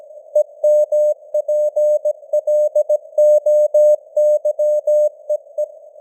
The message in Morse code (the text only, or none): EMPLOYEE